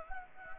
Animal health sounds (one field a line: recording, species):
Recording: mosquito wingbeat signal from an infrared sensor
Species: Anopheles gambiae